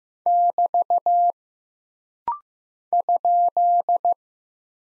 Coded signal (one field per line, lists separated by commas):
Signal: Morse code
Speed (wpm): 15 wpm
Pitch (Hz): 700 Hz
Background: none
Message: <BT> ?